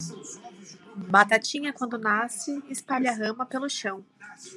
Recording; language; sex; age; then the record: short text; Brazilian Portuguese; female; 30 to 39 years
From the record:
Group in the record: control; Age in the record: 31 years